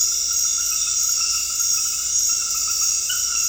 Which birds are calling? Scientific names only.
none